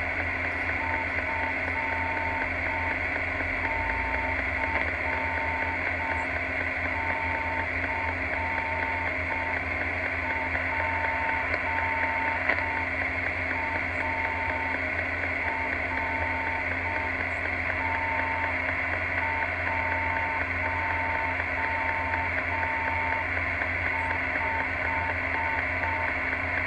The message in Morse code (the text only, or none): FCCPART15